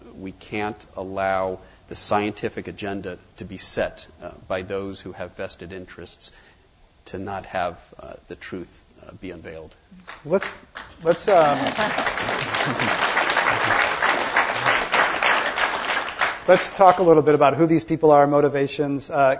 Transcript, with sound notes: We can't allow the scientific agenda to be set by those who have vested interests to not have the truth be unveiled.
[Applause]
Let's talk a little bit about who these people are, motivations.